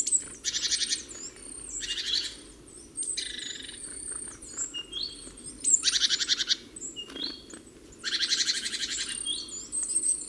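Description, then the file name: Great tit harsh churring: loud, buzzy rattling bursts about a second long, repeated several times with sharp high notes between them, over steady background noise. "Parus major"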